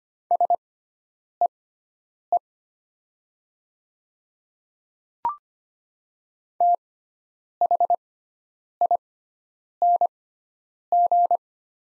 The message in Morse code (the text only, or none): SEE THING